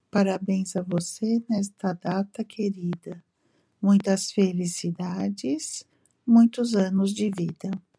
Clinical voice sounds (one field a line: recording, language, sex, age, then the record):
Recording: short text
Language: Brazilian Portuguese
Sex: female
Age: 60 to 69 years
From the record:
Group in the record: control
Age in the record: 66 years